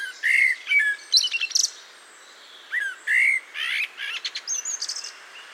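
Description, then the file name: Eurasian blackbird song: two mellow fluty whistled phrases, each followed by a thin squeaky twitter, with a short pause between. "Turdus merula"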